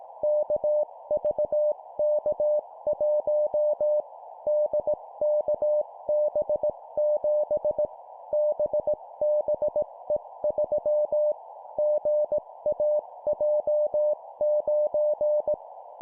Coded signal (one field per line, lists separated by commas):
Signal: Morse code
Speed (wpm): 18 wpm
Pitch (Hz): 600 Hz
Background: none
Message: KVK1 DKB7 BBE3 GAJ9